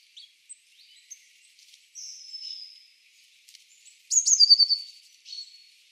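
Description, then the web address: Eurasian blue tit calls: scattered thin high notes and a drawn-out thin note, then a loud quick trill and one last clear note. "cianscape. Deverinetal"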